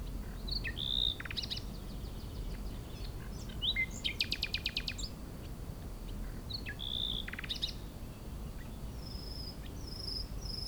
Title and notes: RRCR+X9 Chindrieux, France - Rossignol. La saison des rossignols bat son plein. c'est passionnant d'être à l'écoute du chant des rossignols c'est un grand improvisateur avec un répertoire très diversifié, des modulations surprenantes et variées